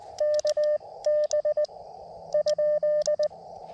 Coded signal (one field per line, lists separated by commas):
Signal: Morse code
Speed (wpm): 20 wpm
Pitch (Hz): 600 Hz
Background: radio noise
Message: KB ?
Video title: A little CW POTA at K-2096 Letchworth State Park